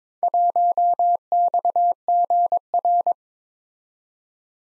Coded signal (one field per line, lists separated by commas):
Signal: Morse code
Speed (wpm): 26 wpm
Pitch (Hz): 700 Hz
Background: none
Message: 1XGR